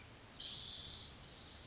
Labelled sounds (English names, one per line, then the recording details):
Spotted Towhee
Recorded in Sonoma County, California